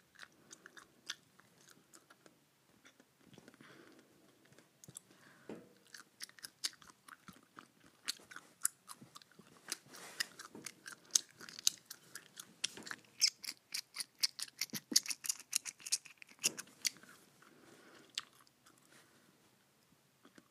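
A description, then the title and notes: Someone chews gum hard, with wet, sticky clicks and smacks coming in quick irregular bursts throughout. The chewing grows denser and louder through the middle, from about 8 to 16 seconds, with brief pauses around 3, 5 and 16 seconds. Chewing Gum Hard.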